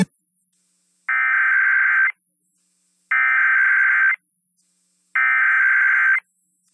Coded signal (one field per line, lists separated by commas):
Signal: Emergency Alert System (SAME) tones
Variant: header bursts